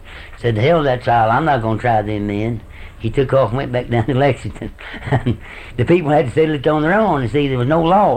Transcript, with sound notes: He said, “To hell with that trial. I’m not going to try them men.” He took off, went back down to Lexington. [laughs] the people had to settle it on their own, you see. There was no law.